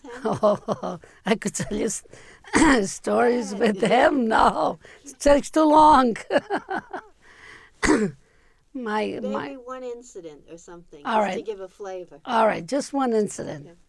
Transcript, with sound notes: Oh, I could tell you stories. With him? No. It takes too long. ( she laughs ) My...
Maybe one incident or something, just to give a flavor.
All right. Just one incident.